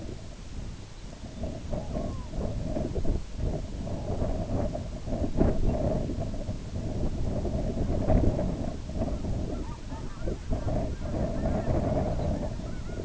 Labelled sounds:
unidentified sound
Red-throated Loon
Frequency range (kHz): Red-throated Loon 0.3-1.7 kHz
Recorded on Arctic tundra, site IGLO-B, on 19 June 2018
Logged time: 23:59

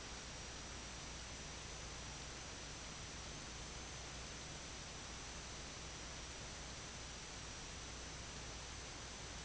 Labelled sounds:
none
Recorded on Arctic tundra, site IGLO-D, on 17 June 2018
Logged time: 00:00

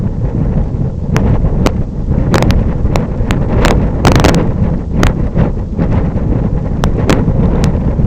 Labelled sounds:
none
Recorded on Arctic tundra, site IGLO-F, on 26 June 2018
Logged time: 08:00

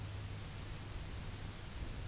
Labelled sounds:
none
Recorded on Arctic tundra, site UTQI-5, on 19 June 2019
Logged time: 22:00

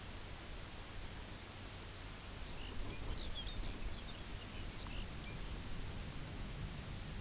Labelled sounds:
Lapland Longspur
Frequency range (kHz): Lapland Longspur 1.4-6.5 kHz
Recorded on Arctic tundra, site UTQI-0, on 17 June 2019
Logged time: 18:00

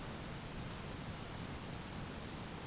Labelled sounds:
Sanderling
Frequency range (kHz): Sanderling 2.3-3.9 kHz
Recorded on Arctic tundra, site ZACK-1, on 12 June 2019
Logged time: 05:49

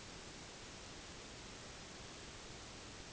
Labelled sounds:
none
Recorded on Arctic tundra, site NAIT-1, on 1 July 2019
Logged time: 08:00

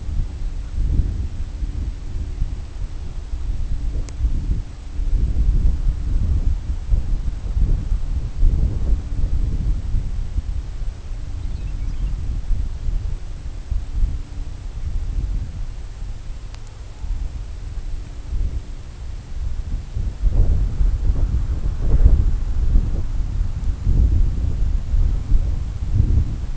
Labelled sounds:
Brent Goose
Lapland Longspur
unidentified sound
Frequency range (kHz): Lapland Longspur 1.9-6.2 kHz
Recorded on Arctic tundra, site CORI-1, on 20 June 2018
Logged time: 20:00

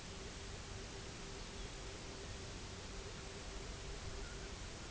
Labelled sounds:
Pectoral Sandpiper
unidentified sound
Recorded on Arctic tundra, site UTQI-0, on 16 June 2019
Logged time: 12:00

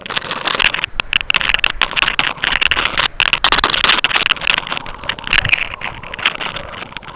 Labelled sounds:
none
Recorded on Arctic tundra, site UTQI-5, on 12 June 2019
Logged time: 00:00

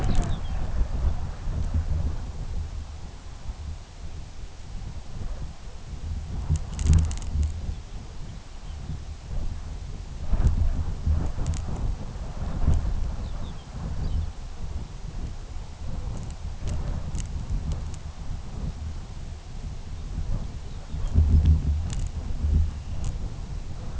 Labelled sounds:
Lapland Longspur
unidentified sound
Dunlin
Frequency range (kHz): Lapland Longspur 2.3-5.8 kHz; Dunlin 1.9-3.8 kHz
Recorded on Arctic tundra, site UTQI-2, on 17 June 2019
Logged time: 06:00

